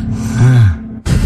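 A single loud, low-pitched rattling snore from an adult sleeper, lasting about a second and rising to a peak in the middle, then a brief burst of noise. It is a heavy, coarse snore, the kind heard with very loud habitual snoring, a really bad snoring problem for which a CPAP is considered.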